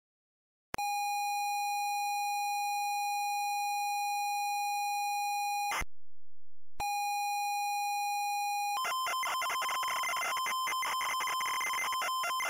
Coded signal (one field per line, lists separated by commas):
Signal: ZX Spectrum tape loading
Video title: Gandalf (The Lord Of The Rings) - Loading screen (ZX Spectrum)